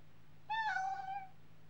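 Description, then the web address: Domestic cat giving a single drawn-out meow that starts slightly higher and sags gently in pitch, lasting under a second, over a faint low hum. "BBC Sound Effects Library. Mog Cat Meowing"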